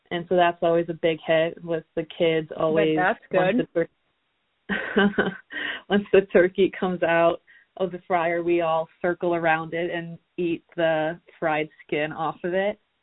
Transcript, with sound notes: and so that’s always a big hit with the kids always…
I bet that’s good. (laughter)
Once the turkey comes out of the fryer, we all circle around it and eat the fried skin off of it.